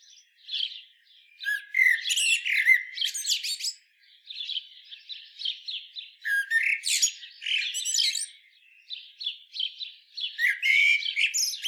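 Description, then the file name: Common blackbird giving bursts of squeaky, chattering twitters and high scratchy notes, in several clusters separated by brief pauses. "Turdus merula"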